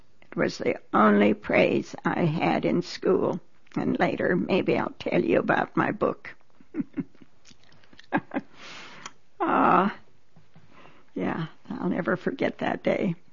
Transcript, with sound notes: It was the only praise I had in school, and later maybe I'll tell you about my book. (She laughs.) Oh, yeah. I'll never forget that day.